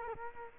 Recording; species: mosquito wingbeat signal from an infrared sensor; Culex quinquefasciatus